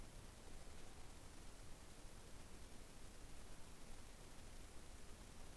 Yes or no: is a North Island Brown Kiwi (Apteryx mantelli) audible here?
no